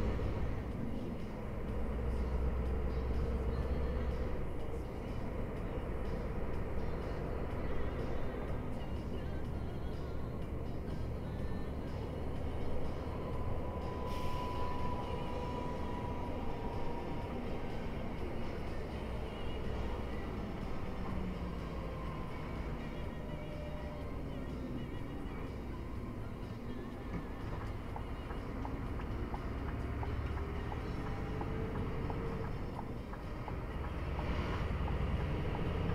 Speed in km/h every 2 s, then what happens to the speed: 38, 41, 39, 43, 44, 44, 44, 41, 38, 35, 29, 24, 20, 16, 18, 22, 22, 31.
0-13 steady at about 43. 13-26 slows to 16. 26-36 speeds up to 31.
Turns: 22-26, 26-31.